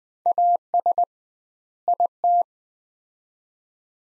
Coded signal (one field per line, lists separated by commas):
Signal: Morse code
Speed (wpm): 20 wpm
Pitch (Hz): 700 Hz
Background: none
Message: AS IT